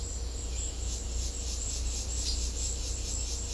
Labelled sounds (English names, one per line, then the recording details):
none
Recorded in secondary vegetation near Puerto Asís, Putumayo, Colombia, on 16 December 2024 at 14:30
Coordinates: 0.500, -76.326
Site G065